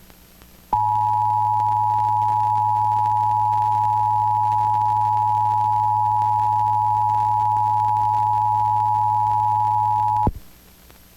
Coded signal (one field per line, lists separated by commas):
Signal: Emergency Alert System (SAME) tones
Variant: 853 and 960 Hz attention tone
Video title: IPAWS Weekly Test (10/4/21)(EAS 940)